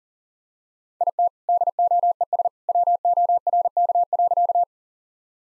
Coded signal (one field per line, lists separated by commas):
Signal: Morse code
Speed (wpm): 40 wpm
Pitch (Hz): 700 Hz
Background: none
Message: IT DOES WORK.